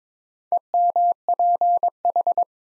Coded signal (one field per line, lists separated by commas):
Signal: Morse code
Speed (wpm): 22 wpm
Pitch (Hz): 700 Hz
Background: none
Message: EMPH